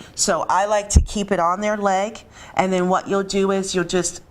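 An epinephrine auto-injector trainer pen is held against a person's thigh, ready to be pushed in until it activates with a click. Someone talks throughout, and the clip ends before the pen is pushed, so nothing has clicked or activated yet.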